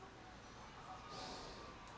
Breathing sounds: one breath in and out by a microphone near the nose and mouth; normal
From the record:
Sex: male

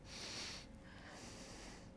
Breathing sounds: one breath in and out by a microphone near the nose and mouth; deep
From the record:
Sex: male

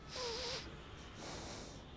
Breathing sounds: one breath in and out by a microphone near the nose and mouth; deep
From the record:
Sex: male

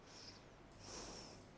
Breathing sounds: one breath in and out by a microphone near the nose and mouth; normal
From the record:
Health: marked as sick, illness not named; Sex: female

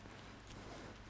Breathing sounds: one breath in and out by a microphone near the nose and mouth; strong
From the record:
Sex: male

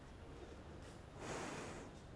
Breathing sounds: one breath in and out by a microphone near the nose and mouth; normal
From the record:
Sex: female

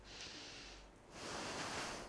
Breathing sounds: one breath in and out by a microphone near the nose and mouth; deep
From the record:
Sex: female

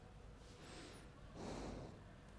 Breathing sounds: one breath in and out by a microphone near the nose and mouth; normal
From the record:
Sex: male

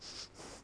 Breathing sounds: one breath in and out by a microphone near the nose and mouth; strong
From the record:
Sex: male

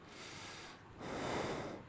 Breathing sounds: one breath in and out by a microphone near the nose and mouth; normal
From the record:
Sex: male

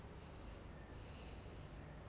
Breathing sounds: one breath in and out by a microphone near the nose and mouth; normal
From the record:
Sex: male

